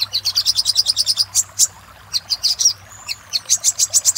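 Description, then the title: Little spiderhunter song: rapid high chipping run, a pause with a thin whistled slur, then further bursts of sharp, piercing notes. Song used for training caged songbirds (masteran). "Masteran Burung Sogok Ontong Labaik"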